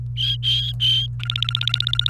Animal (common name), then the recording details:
Domestic Canary. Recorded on 28 April 2018 at 16:39. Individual llb3